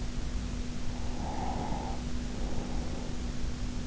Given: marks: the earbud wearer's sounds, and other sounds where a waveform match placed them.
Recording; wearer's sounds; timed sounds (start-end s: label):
sounds in sleep by an in-ear microphone; breath
1.09-3.38 s: breath